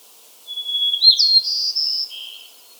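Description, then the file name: White-crowned sparrow song: a clear drawn-out whistle, then a quick rising note, two buzzy trilled segments and a softer lower buzzy ending. Subspecies gambelii. "White crowned Sparrow Zonotrichia leucophrys gambelii"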